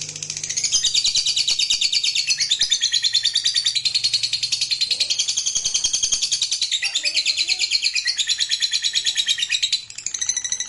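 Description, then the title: Lovebird trill, a long continuous high rattle of very fast scratchy notes, barely pausing across ten seconds. Fighter-type lovebird performing ngekek panjang, a long drawn-out trill. "Begitu Dengar Suara Lovebird FIGHTER NGEKEK PANJANG"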